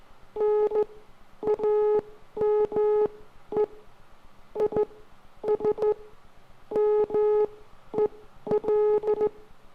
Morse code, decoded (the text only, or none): NAME IS MEL